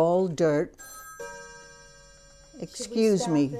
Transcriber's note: a clock chimes